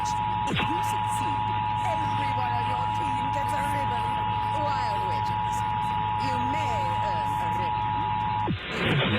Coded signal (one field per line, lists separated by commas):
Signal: Emergency Alert System (SAME) tones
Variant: 853 and 960 Hz attention tone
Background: speech, music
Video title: PBS39 EAS (FAKE)